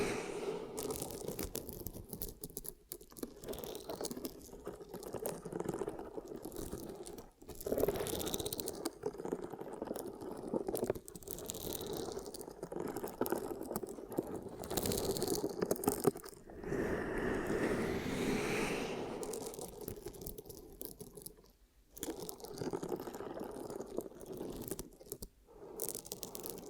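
Ear cupping ASMR sounds: dense, muffled rustling and crunching that swells and fades, with occasional sharp breaks and brief near-silent gaps.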